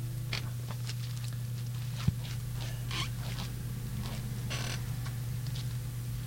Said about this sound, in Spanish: Ahí están pasando las hojas, sospechoso. Pasan las hojas.